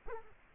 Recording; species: mosquito wingbeat signal from an infrared sensor; Culex quinquefasciatus